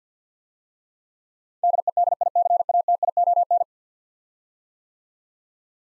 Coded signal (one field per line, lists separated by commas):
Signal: Morse code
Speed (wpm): 50 wpm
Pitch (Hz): 700 Hz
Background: none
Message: DEDICATION